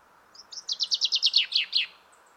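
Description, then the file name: Common chaffinch singing a quick rattling series of high chirps that speeds along and drops at the end into a brief terminal flourish. "Fringilla coelebs"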